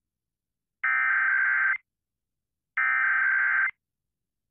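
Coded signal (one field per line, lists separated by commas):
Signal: Emergency Alert System (SAME) tones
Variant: header bursts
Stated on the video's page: Virginia monthly test relayed on a radio station, sent six minutes early, using the synthetic "Dave" voice as in statewide IPAWS tests.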